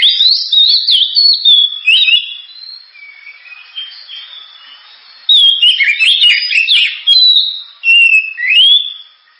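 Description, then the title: Oriental magpie-robin song: continuous loud warbling of varied whistles and chirps, quieter mid-section, then strong sliding phrases. Sharp, very loud 'gacor' kacer song, described as suited for use as a lure ('pancingan') to prompt other birds to sing. "Kacer Gacor Suara Tajam. Kacer Gacor Suara Super Kenceng Cocok untuk Pancingan"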